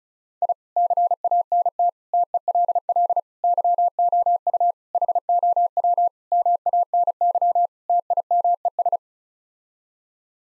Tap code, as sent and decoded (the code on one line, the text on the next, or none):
none